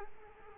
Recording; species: mosquito wingbeat signal from an infrared sensor; Culex quinquefasciatus